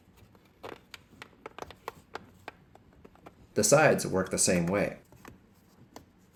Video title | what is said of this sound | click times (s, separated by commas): Seat cushion replacement and heated seat upgrade 1997 Toyota RAV4 (episode 43) | Roll the seat cover over the edge, then the plastic will snap into place. | 0.9 s, 1.2 s, 1.6 s, 1.9 s, 2.2 s, 2.5 s